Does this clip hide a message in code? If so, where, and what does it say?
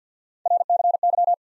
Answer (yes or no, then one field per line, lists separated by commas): yes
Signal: Morse code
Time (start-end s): 0.5-1.3 s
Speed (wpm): 50 wpm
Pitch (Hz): 700 Hz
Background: none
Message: RCY